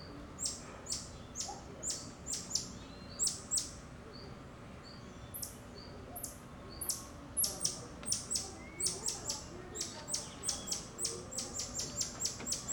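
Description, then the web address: Bird calls: irregular bursts of high, clipped chirps with brief pauses, over quiet outdoor background. Outdoor ambience in a suburb of Rio de Janeiro. "Monte Sound - Atmospheres of Rio de Janeiro 010 AMB External Rio Subburb Birds Dogs Monkeys"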